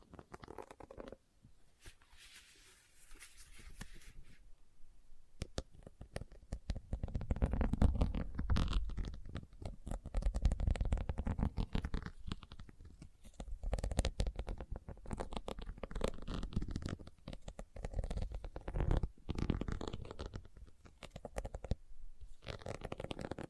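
Leather being tapped and scratched in dense, irregular bursts of rubbing and clicks, quieter at first, with a brief hiss near the start.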